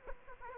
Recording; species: mosquito wingbeat signal from an infrared sensor; Aedes aegypti